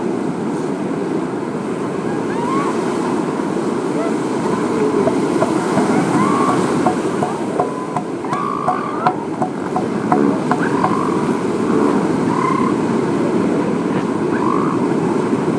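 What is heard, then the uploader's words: A steady, dense roar of surf and wind fills the whole scene around an elephant seal beach, low and unbroken throughout. Short, faint higher-pitched calls break through every couple of seconds, clustering around the middle. Elephant Seal Mating Season. Hundreds of them lazing in the sunshine!!!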